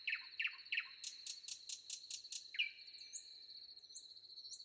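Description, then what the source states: Common nightingale song: sharp repeated notes, a fast pulsing rattle, then a long whistled note and upslurred high calls, with crickets trilling steadily behind. Recorded with wind and crickets.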